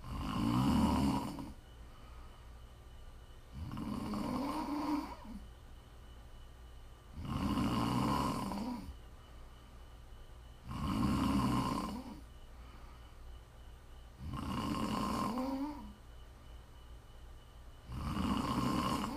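Six loud, rough snores from an adult at a steady pace, about 17 a minute, each lasting a second or two, with a low rattly vibration on every breath in. Quieter breathing fills the gaps. ASMR snoring for relaxation and sleep.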